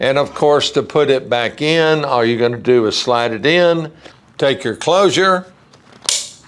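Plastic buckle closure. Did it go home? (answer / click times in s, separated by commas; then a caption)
yes / 6.1 s. Someone talks while sliding a weight pouch into the integrated weight pocket of a 2023 Hog dive BCD and pushing its quick-release buckle closure shut. The buckle snaps closed at 6.1 s with a sharp, bright click, loud enough to be heard even underwater, and the closure is seated.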